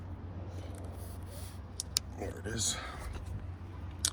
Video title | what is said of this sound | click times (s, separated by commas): 2019 F150 Tow Mirror Install | that way you can hear the click there it is | 1.8 s, 2.0 s